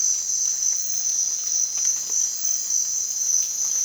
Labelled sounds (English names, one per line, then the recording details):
none
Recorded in dense forest near Puerto Asís, Putumayo, Colombia, on 25 June 2025 at 04:30
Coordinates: 0.468, -76.322
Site GP03